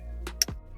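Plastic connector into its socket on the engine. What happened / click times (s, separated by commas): The plastic connector clicked home / 0.4 s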